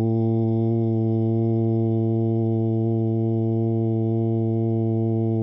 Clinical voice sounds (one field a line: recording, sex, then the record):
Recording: sustained vowel /u/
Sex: male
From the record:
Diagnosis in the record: Parkinson's disease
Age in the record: 70 years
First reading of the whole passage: 65 s, 7.9 characters per second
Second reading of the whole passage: 60 s, 8.6 characters per second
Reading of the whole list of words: 48 s, 5.8 characters per second